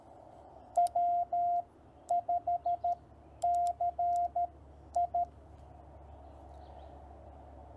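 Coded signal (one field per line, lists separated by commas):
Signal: Morse code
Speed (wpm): 13 wpm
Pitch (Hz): 700 Hz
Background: none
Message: W5CI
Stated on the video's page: Call sign copy practice sent on a TR45L Skinny radio with a Bamatech TP III key, MC-750 vertical whip antenna with four radials, battery powered, in the field.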